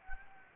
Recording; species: mosquito wingbeat signal from an infrared sensor; Anopheles gambiae